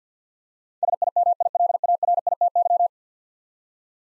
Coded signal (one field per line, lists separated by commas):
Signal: Morse code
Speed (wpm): 50 wpm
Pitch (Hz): 700 Hz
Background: none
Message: SIMILARITY